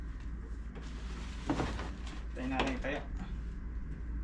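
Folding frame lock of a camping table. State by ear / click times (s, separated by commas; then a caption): not seated / none. Someone handles the folding frame lock of a camping table, which is meant to lock the frame so it won't fold, while someone talks. Brief handling knocks are heard around 1.5 s and 2.1 s, but the lock has not clicked or seated yet.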